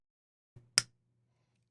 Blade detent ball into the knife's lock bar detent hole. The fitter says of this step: Nice clickety. Any detent lash? Nope. It's in there solid.